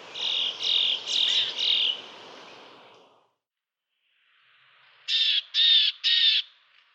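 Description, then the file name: Siberian tit giving harsh, buzzy nasal calls, a run of four, a pause of a few seconds, then a quick set of three. "lappmes"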